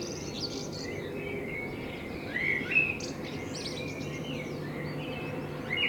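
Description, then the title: Common blackbird warbling through several short fluty phrases and high twittery notes, accompanied by a low steady hum. Binaural dummy-head recording made in front of the recordist's window with a homemade dummy head, intended for headphone listening. "Kunstkopfaufnahme der Amsel vor meinem Fenster"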